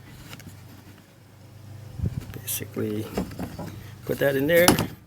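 A homemade step is handled and put into its mount on an RV entry, ready to be slid down to lock in place. Brief metallic knocks and rattles are heard while someone talks. Nothing has seated or clicked yet.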